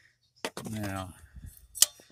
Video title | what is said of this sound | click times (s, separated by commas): How To Change A Front Wheel Bearing Hub 2004 Silverado | got to push that, just stick it in there and push it till it snaps in place. | 0.4 s